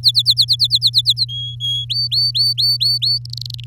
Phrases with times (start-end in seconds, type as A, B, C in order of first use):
0.03-1.25 A, 1.28-1.85 B, 1.89-3.18 C, 3.25-3.64 D